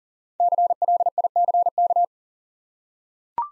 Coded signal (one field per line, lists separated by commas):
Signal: Morse code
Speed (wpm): 39 wpm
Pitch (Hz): 700 Hz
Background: none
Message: CLICK